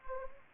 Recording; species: mosquito wingbeat signal from an infrared sensor; Anopheles arabiensis